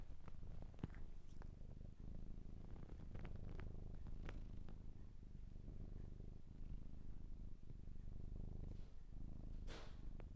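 Cat purring in a constant low vibrating drone for about ten seconds, with occasional small ticks and rustles.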